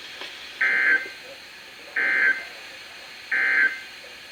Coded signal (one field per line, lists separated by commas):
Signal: Emergency Alert System (SAME) tones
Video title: EAS #1394-#1397: New Place! | WXM71 & WXM72